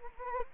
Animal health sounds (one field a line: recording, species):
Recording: mosquito wingbeat signal from an infrared sensor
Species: Anopheles gambiae